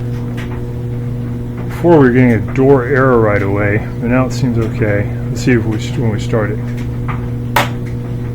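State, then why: Seated. A front-load washer door lock latch, whose door lock was replaced after a door error stopped the washer from starting, is run with the door closed. Someone talks over a steady hum, and when the washer is started, the new lock actuator pulls the latch shut with a sharp click at 7.6 s. The lock engages, the door error is gone and the washer starts.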